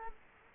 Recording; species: mosquito wingbeat signal from an infrared sensor; Culex quinquefasciatus